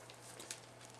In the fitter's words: right there it snaps into place and up here